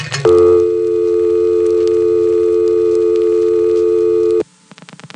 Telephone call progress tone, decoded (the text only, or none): dial tone